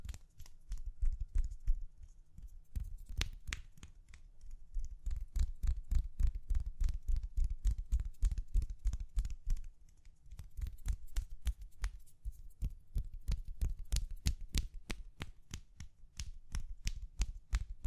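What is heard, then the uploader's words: Gentle tapping goes on throughout, a dense run of light, crisp taps with a soft low thump beneath each one. The rhythm is quick but uneven, like fingertips drumming on a hard surface, easing off briefly around ten seconds before picking up again. ASMR Gently Tapping You to Sleep (No Talking).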